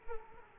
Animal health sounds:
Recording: mosquito wingbeat signal from an infrared sensor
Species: Aedes aegypti

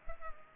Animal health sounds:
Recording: mosquito wingbeat signal from an infrared sensor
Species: Culex pipiens

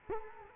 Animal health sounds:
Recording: mosquito wingbeat signal from an infrared sensor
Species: Culex quinquefasciatus

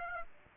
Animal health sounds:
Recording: mosquito wingbeat signal from an infrared sensor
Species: Aedes aegypti

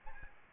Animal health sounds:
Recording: mosquito wingbeat signal from an infrared sensor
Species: Aedes albopictus

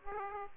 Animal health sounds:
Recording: mosquito wingbeat signal from an infrared sensor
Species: Aedes aegypti

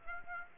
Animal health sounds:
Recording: mosquito wingbeat signal from an infrared sensor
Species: Aedes aegypti

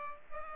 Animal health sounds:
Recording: mosquito wingbeat signal from an infrared sensor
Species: Culex pipiens

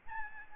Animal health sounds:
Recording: mosquito wingbeat signal from an infrared sensor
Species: Aedes albopictus

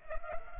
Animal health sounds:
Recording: mosquito wingbeat signal from an infrared sensor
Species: Culex pipiens

